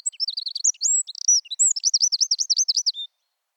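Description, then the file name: Eurasian wren singing a loud, hurried, very high phrase of whistled notes, then a quick rattling series of identical sharp chips that stops abruptly. "Troglodytes troglodytes"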